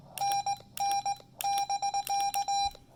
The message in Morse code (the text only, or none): NN<BK>